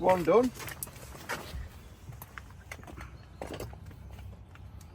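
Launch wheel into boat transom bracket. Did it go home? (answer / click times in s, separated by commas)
no / none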